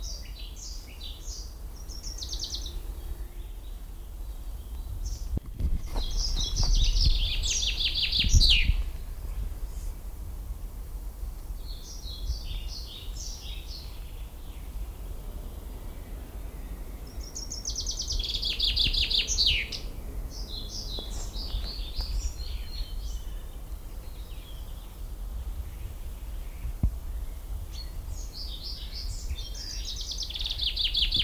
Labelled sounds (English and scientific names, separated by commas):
Common Chaffinch (Fringilla coelebs) song